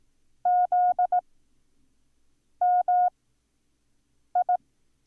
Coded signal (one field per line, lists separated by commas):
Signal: Morse code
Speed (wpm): 18 wpm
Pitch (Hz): 720 Hz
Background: none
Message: ZMI